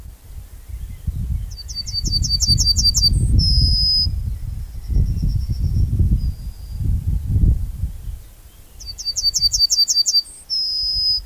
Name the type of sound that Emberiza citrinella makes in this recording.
song